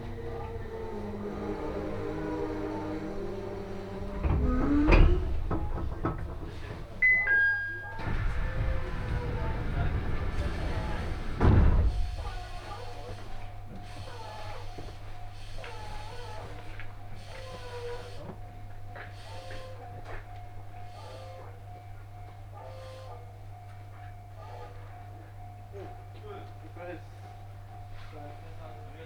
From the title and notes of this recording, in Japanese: 鉄道旅 東北本線 郡山→福島。郡山から福島の間はE721系電車4両編成になり、先ほどまでの混雑ぶりから一息つけた感じです。